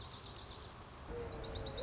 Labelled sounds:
Dark-eyed Junco (Junco hyemalis)
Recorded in Sonoma County, California

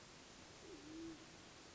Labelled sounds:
Band-tailed Pigeon (Patagioenas fasciata)
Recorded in Sonoma County, California

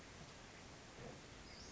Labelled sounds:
Western Flycatcher (Empidonax difficilis)
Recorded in Sonoma County, California

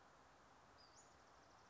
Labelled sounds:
Western Flycatcher (Empidonax difficilis)
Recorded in Sonoma County, California

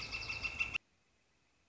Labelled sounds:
Northern Flicker (Colaptes auratus)
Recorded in Sonoma County, California

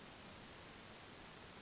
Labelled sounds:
Western Flycatcher (Empidonax difficilis)
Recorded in Sonoma County, California

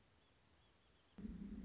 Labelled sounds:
Anna's Hummingbird (Calypte anna)
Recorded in Sonoma County, California

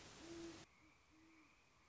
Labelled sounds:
Great Horned Owl (Bubo virginianus)
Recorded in Sonoma County, California

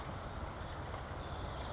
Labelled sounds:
Brown Creeper (Certhia americana)
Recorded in Sonoma County, California

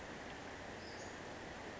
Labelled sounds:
Western Flycatcher (Empidonax difficilis)
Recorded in Sonoma County, California

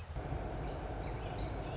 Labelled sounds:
Song Sparrow (Melospiza melodia)
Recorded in Sonoma County, California

